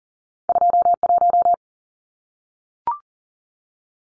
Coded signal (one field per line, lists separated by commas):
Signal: Morse code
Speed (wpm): 40 wpm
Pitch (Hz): 700 Hz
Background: none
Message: 21